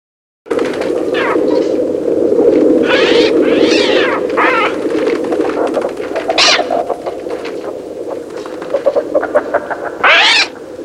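Birds chirping in a dense chorus, quick rising and falling whistled notes and buzzy bursts overlapping over a constant low droning background.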